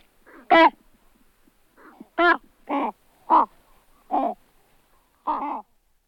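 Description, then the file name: Great white pelican calls, six separate coarse, croaking barks at irregular intervals, each short and rasping, over near silence. "Pelikan bily Pelecanus onocrotalus"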